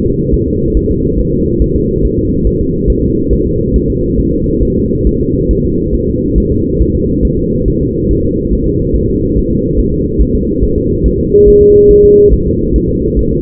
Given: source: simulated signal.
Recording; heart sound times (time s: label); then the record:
fetal heart sounds
0.06 s: S2
0.34 s: S1
0.48 s: S2
0.77 s: S1
0.91 s: S2
1.20 s: S1
1.34 s: S2
1.62 s: S1
1.76 s: S2
2.05 s: S1
2.19 s: S2
2.47 s: S1
2.61 s: S2
2.90 s: S1
3.04 s: S2
3.33 s: S1
3.47 s: S2
3.76 s: S1
3.90 s: S2
4.19 s: S1
4.34 s: S2
4.63 s: S1
4.77 s: S2
5.07 s: S1
5.21 s: S2
5.51 s: S1
5.65 s: S2
5.95 s: S1
6.09 s: S2
6.38 s: S1
6.52 s: S2
6.81 s: S1
6.96 s: S2
7.25 s: S1
7.39 s: S2
7.68 s: S1
7.82 s: S2
8.11 s: S1
8.25 s: S2
8.53 s: S1
8.67 s: S2
8.96 s: S1
9.10 s: S2
9.38 s: S1
9.51 s: S2
9.79 s: S1
9.93 s: S2
10.21 s: S1
10.35 s: S2
10.64 s: S1
10.78 s: S2
11.06 s: S1
11.20 s: S2
11.49 s: S1
11.62 s: S2
11.91 s: S1
12.05 s: S2
12.34 s: S1
12.47 s: S2
12.76 s: S1
12.90 s: S2
13.19 s: S1
13.33 s: S2
From the record:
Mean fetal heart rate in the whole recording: 140 bpm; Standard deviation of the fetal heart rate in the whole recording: 2 bpm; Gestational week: 34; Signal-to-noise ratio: -14.7 dB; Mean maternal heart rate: 72 bpm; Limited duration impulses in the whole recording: present